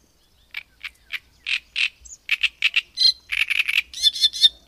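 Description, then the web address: Great reed warbler song, slow harsh notes at first, building into faster grating croaks and squeaky whistled phrases. "Madardalok Nádirigó"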